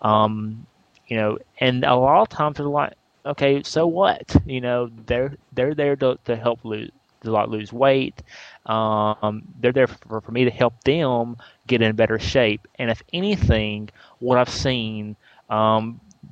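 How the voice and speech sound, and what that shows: A 20-year-old man from India speaking with a stutter. He had a moderate stutter as a child, and it is now milder than before. He uses voluntary stuttering.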